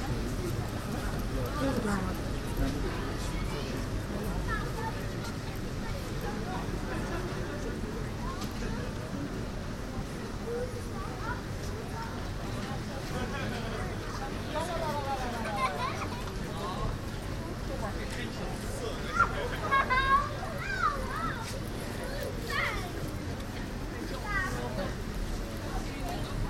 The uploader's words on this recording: Buitenhof The Hague. General atmosphere. Mainly pedestrians on Het Buitenhof in The Hague.